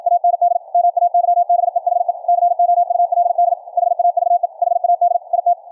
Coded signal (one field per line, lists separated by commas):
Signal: Morse code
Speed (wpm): 56 wpm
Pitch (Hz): 700 Hz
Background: radio noise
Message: AND MAYBE HE COULD HAVE HAD IT